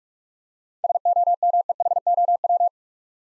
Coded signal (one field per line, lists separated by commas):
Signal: Morse code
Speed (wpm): 46 wpm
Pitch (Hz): 700 Hz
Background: none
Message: SOMEHOW